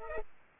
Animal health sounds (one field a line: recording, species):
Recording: mosquito wingbeat signal from an infrared sensor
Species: Culex pipiens